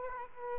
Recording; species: mosquito wingbeat signal from an infrared sensor; Aedes aegypti